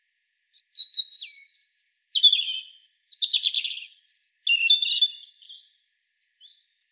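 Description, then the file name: European robin song of varied high notes, rapid trills and glissading whistles running almost continuously, with no other sounds. "Erithacus rubecula"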